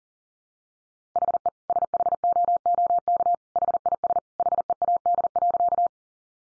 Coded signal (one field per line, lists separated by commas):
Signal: Morse code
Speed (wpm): 40 wpm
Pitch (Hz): 700 Hz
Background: none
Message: HE SHOOK HIS HEAD.